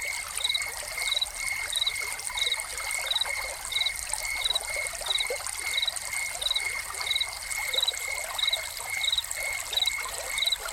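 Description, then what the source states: Cricket chirps, short pulsed bursts at an even pace, with splashing fountain water and a continuous high-pitched hum. Crickets recorded together with a fountain.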